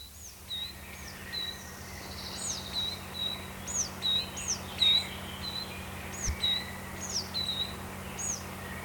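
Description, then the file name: Coal tit song, high two-part phrases with a falling swoop then a thin level note, repeated steadily over a constant low hum. "moskovka"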